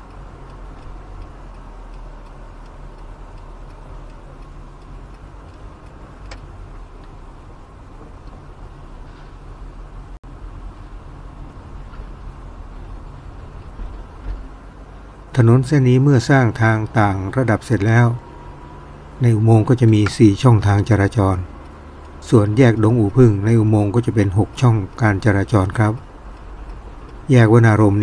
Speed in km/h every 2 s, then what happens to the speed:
20, 19, 19, 19, 19, 19, 19, 22, 28, 33, 35, 35, 33, 32.
0-12 steady at about 19. 12-20 speeds up to 35. 20-28 steady at about 33.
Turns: none.